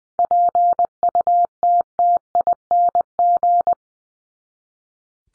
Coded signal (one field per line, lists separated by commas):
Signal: Morse code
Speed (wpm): 20 wpm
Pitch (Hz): 700 Hz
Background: none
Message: PUTTING